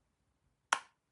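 A magnetic lid closes again onto a cardboard game storage box, giving a single sharp snap at 0.7 s with a brief bright ring that fades by about 0.9 s. The lid is seated and held shut by its magnet.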